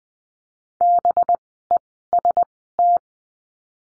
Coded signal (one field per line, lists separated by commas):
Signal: Morse code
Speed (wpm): 20 wpm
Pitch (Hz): 700 Hz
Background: none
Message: BEST